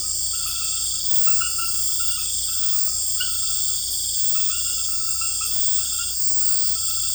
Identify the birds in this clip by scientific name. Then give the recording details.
none. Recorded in dense forest near Puerto Asís, Putumayo, Colombia, on 20 February 2024 at 03:00. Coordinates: 0.487, -76.319. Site G6403